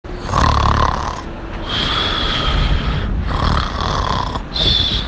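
Snoring from an adult sleeper: repeated loud, rough breathing noises, alternating between lower and higher pitched phases.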